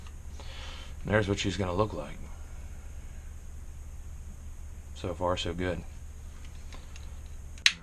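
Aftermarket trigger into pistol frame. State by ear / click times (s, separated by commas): seated / 7.7 s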